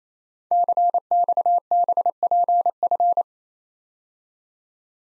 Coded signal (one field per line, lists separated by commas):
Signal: Morse code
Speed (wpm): 29 wpm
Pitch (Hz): 700 Hz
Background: none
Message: CXBPF